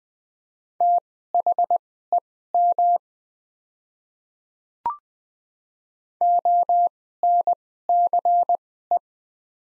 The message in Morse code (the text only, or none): THEM ONCE